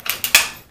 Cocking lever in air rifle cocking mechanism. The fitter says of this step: just like that it's a little click once you hear that then push the level lever in